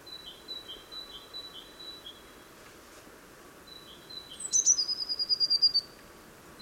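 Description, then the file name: Eurasian blue tit song: a soft series of high piping notes, then a single loud, fast, glittering trill near the end, over faint background noise. "Cyanistes caeruleus"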